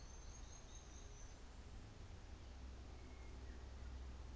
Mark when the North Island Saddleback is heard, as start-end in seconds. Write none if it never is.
none